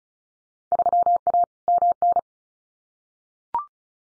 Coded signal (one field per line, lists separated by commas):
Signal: Morse code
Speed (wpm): 36 wpm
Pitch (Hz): 700 Hz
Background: none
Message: 3A MN